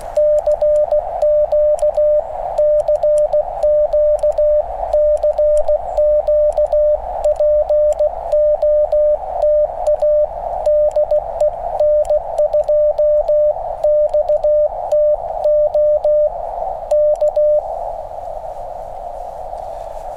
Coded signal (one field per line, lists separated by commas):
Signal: Morse code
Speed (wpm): 16 wpm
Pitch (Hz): 600 Hz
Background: radio noise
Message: CQ CQ CQ POTA DE N2XTO K